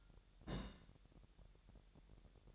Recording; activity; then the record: daily activity, microphone in the room; place on stove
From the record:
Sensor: 3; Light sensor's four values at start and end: 94/222/92/82 and 94/222/92/82